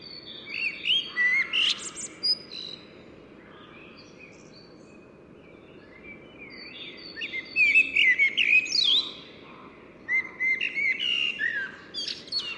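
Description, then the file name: Common blackbird singing phrases of mellow whistled notes ending in thin, high, squeaky twitters, separated by pauses, over a constant low hiss. "Turdus merula"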